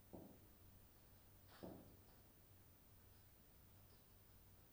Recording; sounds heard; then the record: poultry house recording; no chicken sound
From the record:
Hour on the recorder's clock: 22